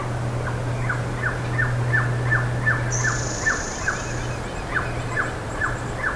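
Bird calls: a series of clear downward-sliding notes repeated two or three times a second, with a high thin whistle partway through and a low droning hum.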